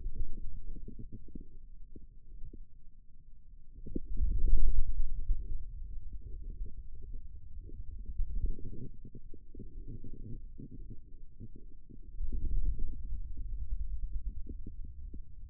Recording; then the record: forearm muscle sounds (acoustic myography)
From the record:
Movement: ulnar deviation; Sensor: system 2, bracelet of six BSWA MPA416 microphones around the upper forearm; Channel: 6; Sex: male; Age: 22 years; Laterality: right